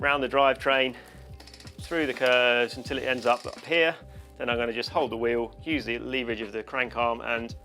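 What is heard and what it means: A bicycle chain quick link joining the two chain ends is handled while someone talks. The link is worked around the drivetrain and the rear wheel is held so the crank arm can be used for leverage. Nothing has seated or clicked yet.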